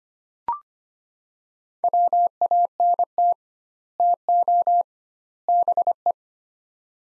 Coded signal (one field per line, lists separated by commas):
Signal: Morse code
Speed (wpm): 25 wpm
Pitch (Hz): 700 Hz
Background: none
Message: WANT TO BE